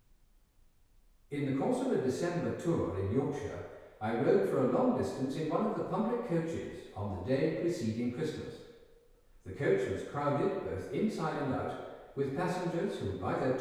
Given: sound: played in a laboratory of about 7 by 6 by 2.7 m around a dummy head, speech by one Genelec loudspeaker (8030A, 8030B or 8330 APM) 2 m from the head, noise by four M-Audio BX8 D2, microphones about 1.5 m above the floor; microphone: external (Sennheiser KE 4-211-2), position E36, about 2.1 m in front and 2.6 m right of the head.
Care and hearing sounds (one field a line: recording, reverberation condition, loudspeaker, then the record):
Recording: male speech in English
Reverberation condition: high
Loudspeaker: 150 degrees to the right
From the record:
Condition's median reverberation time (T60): about 1300 ms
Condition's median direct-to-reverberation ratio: about -4.0 dB